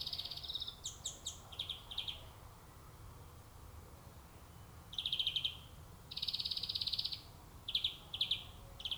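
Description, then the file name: European greenfinch giving short buzzy trills in phrases separated by pauses, over a low steady background rumble. "Chloris chloris"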